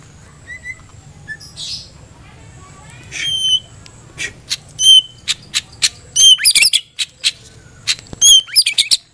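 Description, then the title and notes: White-rumped shama song building from quiet scattered notes to loud, rapid sharp chips and bright whistled phrases near the end. Masteran recording: tutor song for training caged birds. "Masteran Murai Batu"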